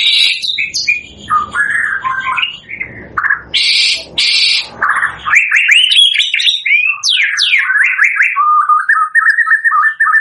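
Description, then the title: White-rumped shama song of mixed harsh bursts and rustling, followed by a long sequence of rapid, varied whistled and chattering phrases. Lure used for bird trapping (pikat); gacor (lively) singing. "PANCINGAN MURAI BATU GACOR"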